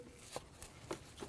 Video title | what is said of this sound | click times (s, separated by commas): How To Replace Throttle Body Assembly 2006-2012 Ford Fusion | You want to listen for a click, and then give it a tug. Make sure it's secure. | 0.6 s, 0.9 s